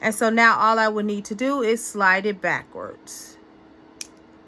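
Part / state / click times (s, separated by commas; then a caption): jump ring closing on a necklace clasp / seated / 4.0 s. Someone talks while a metal jump ring is slid backwards into place on a beaded flex-wire necklace clasp. After a quiet pause, a single sharp click at 4.0 s marks the ring snapping shut, the sign that the jump ring is on properly.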